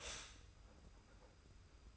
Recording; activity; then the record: daily activity, microphone in the room; stop toaster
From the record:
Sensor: 2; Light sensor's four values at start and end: 32/96/38/36 and 32/96/38/36